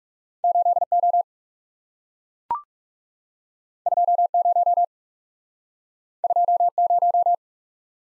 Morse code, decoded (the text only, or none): 8 O 2 0 2 0